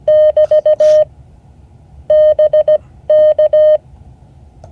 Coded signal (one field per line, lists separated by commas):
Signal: Morse code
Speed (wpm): 17 wpm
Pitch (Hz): 610 Hz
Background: none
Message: <BT> BK